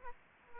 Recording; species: mosquito wingbeat signal from an infrared sensor; Aedes aegypti